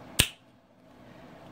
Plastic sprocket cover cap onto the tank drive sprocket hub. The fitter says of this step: covers will just click into place and